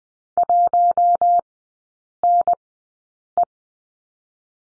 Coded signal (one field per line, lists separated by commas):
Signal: Morse code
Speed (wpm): 20 wpm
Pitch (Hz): 700 Hz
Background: none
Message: 1NE